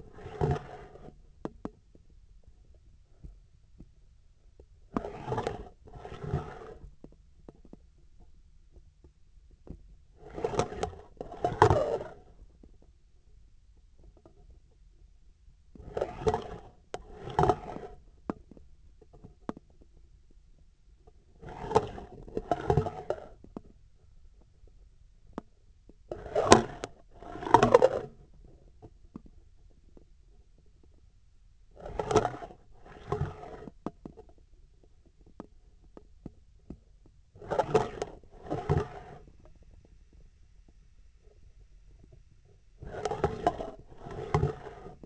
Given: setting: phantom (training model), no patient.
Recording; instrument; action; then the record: laparoscopic instrument, vibration sensor on the handle end; scissors; approaching and retracting movements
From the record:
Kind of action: spatial motion